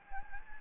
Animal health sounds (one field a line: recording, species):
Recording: mosquito wingbeat signal from an infrared sensor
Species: Anopheles gambiae